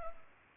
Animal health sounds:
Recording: mosquito wingbeat signal from an infrared sensor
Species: Culex pipiens

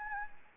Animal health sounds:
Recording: mosquito wingbeat signal from an infrared sensor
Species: Anopheles gambiae

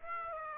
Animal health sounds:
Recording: mosquito wingbeat signal from an infrared sensor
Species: Aedes aegypti

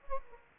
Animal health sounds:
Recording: mosquito wingbeat signal from an infrared sensor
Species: Aedes aegypti

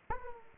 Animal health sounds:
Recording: mosquito wingbeat signal from an infrared sensor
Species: Aedes aegypti

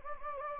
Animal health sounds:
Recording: mosquito wingbeat signal from an infrared sensor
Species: Anopheles gambiae

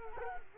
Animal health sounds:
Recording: mosquito wingbeat signal from an infrared sensor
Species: Culex quinquefasciatus

